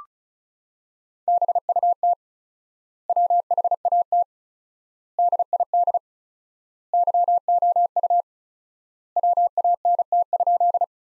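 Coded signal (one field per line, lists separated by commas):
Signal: Morse code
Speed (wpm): 36 wpm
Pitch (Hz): 700 Hz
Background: none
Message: BUT WHAT DID YOU WANT?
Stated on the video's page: Practice sentences from top 200 words at 35 wpm with 4x word-spacing, a word-based approach analogous to Farnsworth.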